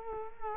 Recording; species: mosquito wingbeat signal from an infrared sensor; Culex quinquefasciatus